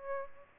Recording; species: mosquito wingbeat signal from an infrared sensor; Aedes albopictus